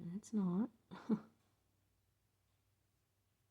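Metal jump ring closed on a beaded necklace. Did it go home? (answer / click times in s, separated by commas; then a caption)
no / none. A metal jump ring on a beaded necklace is being handled with pliers while someone talks briefly, and the rest of the clip is near silence with a faint low hum. Nothing has seated or clicked yet; the ring's ends have not closed against each other.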